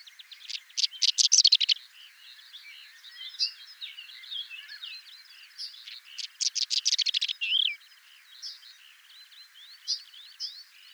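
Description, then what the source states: Whinchat song phrases: two loud bursts of fast, scratchy rattling notes, each just over a second long, separated and followed by softer varied chirps and twitters. Recorded at Raisting on 1 May 2014.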